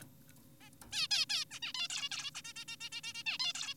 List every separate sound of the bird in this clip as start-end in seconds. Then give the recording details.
0.61-0.70, 0.92-1.08, 1.11-1.26, 1.30-1.45, 1.51-1.60, 1.62-1.73, 1.74-1.88, 1.90-2.09, 2.12-2.31, 2.35-2.42, 2.45-2.53, 2.56-2.65, 2.68-2.76, 2.81-2.89, 2.92-3.01, 3.04-3.13, 3.15-3.24, 3.26-3.38, 3.40-3.53, 3.55-3.74. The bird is an adult. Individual g4p5U